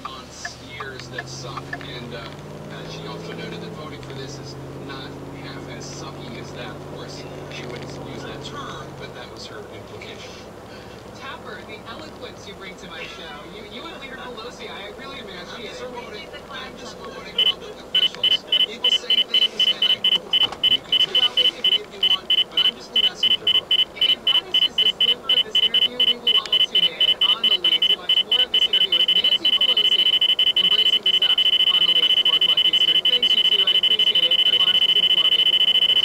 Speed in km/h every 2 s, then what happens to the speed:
26, 35, 47, 50, 52, 53, 52, 53, 55, 53, 52, 50, 50, 52, 52, 50, 48, 48.
0-7 speeds up to 52. 7-36 steady at about 52.